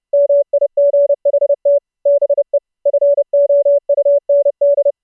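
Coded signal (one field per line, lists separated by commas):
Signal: Morse code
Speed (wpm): 30 wpm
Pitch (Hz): 570 Hz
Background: none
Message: MIGHT BE FOUND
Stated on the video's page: Morse audio sent over Mumble voice-over-IP, output processed with a sine wave oscillator, noise gate and filter plugins.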